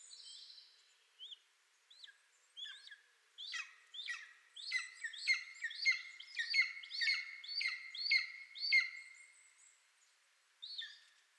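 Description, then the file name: Golden eagle calling in a run of clipped, descending yelps, building in loudness, then fading, with one last note after a pause. "Golden Eagle - Aquila chrysaetos"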